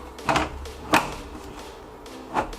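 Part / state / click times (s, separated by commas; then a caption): side panel into PC case chassis / seated / 0.3 s. The back side panel of a PC case is slid into place on the metal chassis in a sliding fit until it locks, with a sharp click at 0.3 s as it seats. Two more sharp knocks follow at about 1.0 s and 2.4 s, and the panel is locked shut.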